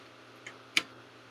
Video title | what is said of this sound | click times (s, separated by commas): Denise - Amiga 500+ - Working on the memory | and just kind of click into place like that. | 0.8 s